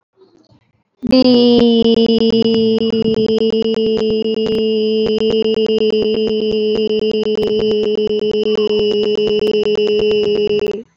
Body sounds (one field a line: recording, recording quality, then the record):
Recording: sustained vowel as in beet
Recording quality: excellent, no background noise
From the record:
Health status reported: recovered from COVID-19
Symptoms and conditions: cough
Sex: female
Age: 27 years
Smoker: not ticked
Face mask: not worn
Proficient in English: yes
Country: India